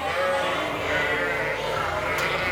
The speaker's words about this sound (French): Chacune appelle son agneau et l'agneau appelle sa mère pour qu'ils arrivent à se rejoindre.